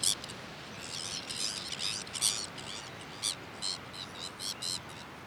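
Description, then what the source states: Sabine's gull uttering rasping, buzzy notes, first in a loose cluster, then spaced singly every half second or so over a steady background hiss. Recorded on Jan Mayen, 14 July 2024.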